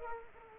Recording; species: mosquito wingbeat signal from an infrared sensor; Culex quinquefasciatus